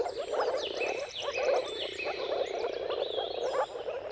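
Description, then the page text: Chorus of moor frogs, a continuous low bubbling of overlapping pulsed notes, with whistled bird song and chirps in the background. Chorus of mating calls of moor frogs at sunrise, at the turn of March and April depending on the weather, recorded by Jakub Orzecki. "Jakub-Orzecki moor frogs. Dawn’s Chorus: Mating Calls of Marsh Frogs at Sunrise. Depending on the weather at the turn of March and April, you can witness an amazing spectacle of moor frogs"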